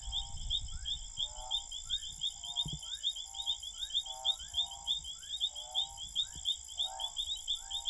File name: Advertisement call Odontophrynus lavillai